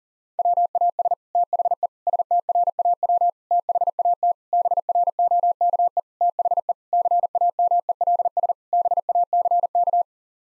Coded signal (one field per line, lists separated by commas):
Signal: Morse code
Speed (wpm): 40 wpm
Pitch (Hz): 700 Hz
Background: none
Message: WAS THE STRAW THAT BROKE THE CAMELS BACK